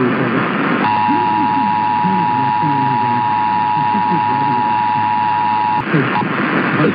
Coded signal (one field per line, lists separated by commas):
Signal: Emergency Alert System (SAME) tones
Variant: 853 and 960 Hz attention tone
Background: speech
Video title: One Manic Wednesday Tests Madness (EAS #10569-10616) 4/4-5/23